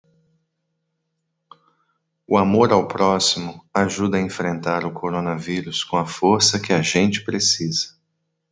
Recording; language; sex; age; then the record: spoken sentence; Brazilian Portuguese; male; 40 to 49 years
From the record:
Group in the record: control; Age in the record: 47 years